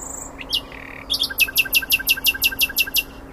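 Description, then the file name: Common nightingale song with a few whistled and buzzy notes leading into a rapid, even series of loud, repeated chipping notes. "Luscinia megarhynchos"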